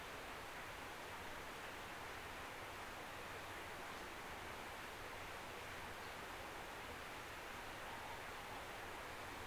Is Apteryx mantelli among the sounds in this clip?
no